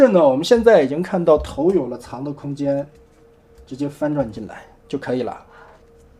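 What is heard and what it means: Someone talks while handling a Transformers DS recorder toy from a rhino set, with the toy's head about to be flipped into its storage space beneath a plastic cover. A faint steady tone fills the pauses between the talking. The cover has not yet snapped shut over the head compartment, and nothing has seated or clicked by the end of the clip.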